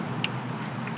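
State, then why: Seated. On a classic Bronco roll cage install, a part of the rear shoulder seat belt anchor assembly is pressed onto the anchor fitting on its mounting bolt, which has been ratcheted tight. It snaps into place with one sharp, bright click at 0.2 s over a steady low background hum, and the part is seated.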